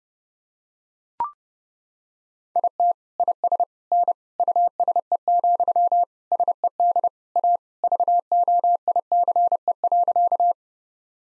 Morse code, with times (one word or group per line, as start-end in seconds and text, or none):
2.6-2.9 IT
3.2-3.6 IS
3.9-4.1 N
4.4-6.0 USE,
6.3-7.1 SED
7.4-7.6 A
7.8-10.5 VOICE.